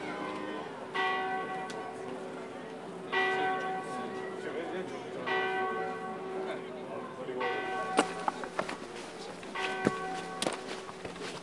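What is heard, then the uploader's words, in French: A festive outdoor scene on the Italian coast: a church bell tolls about every two seconds, each stroke ringing on and fading slowly. People talk underneath throughout, and a few sharp knocks and clacks stand out near the end. Sur la côte amalfitaine, et dans toute l'Italie, pendant les fêtes de fin d'année, on entend résonner des 'auguri' à toute volée. Entre Noël et le jour de l'an, les ambiances sonores sont riches, de Praiano et son sentier des Dieux, à Amalfi, en passant par Positano ou encore Herculanum et Capri.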